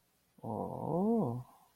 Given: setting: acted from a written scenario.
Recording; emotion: vocal sound without words; desire